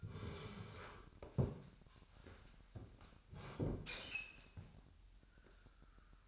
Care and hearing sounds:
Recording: daily activity, microphone in the room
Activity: sit down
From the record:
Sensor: 2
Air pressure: 998.3 hPa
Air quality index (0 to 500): 128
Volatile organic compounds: 3 ppm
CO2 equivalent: 1450 ppm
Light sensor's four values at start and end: 7/16/7/8 and 8/19/8/9

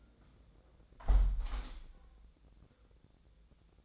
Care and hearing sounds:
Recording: daily activity, microphone in the room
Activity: close window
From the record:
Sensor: 3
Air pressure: 1012.2 hPa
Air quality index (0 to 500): 140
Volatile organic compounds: 2 ppm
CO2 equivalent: 1079 ppm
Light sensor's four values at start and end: 294/717/299/296 and 295/720/300/295

